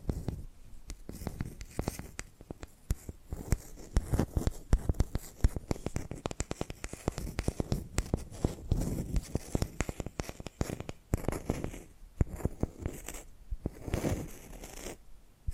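Tapping and scratching sounds go on steadily for the whole stretch, a dense run of quick, irregular strikes mixed with rasping scrapes. Short bursts of faster tapping come and go, with a few brief lulls, notably around eleven and fourteen seconds.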